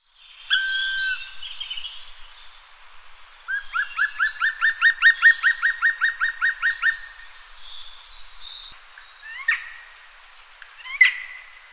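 Bird calling: a brief note, then a fast series of many sharp, downslurred notes, followed by a few scattered single calls against a quiet background.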